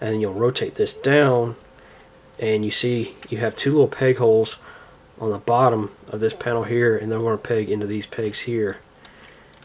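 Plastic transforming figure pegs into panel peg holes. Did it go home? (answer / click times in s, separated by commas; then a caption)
yes / 9.1 s, 9.5 s. Someone talks while transforming a plastic Transformers Collector's Club 5.0 Counterpunch figure, rotating a part down and pushing the pegs on its body into the two peg holes on the bottom of a panel. Two light ticks sound at 9.1 s and 9.5 s as the pegs lock into place.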